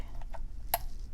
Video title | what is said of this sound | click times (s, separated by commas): BEGINNERS Wahl Essential Combo Set (The Care & Use of Your New Tool) | and you hear that click again | 0.7 s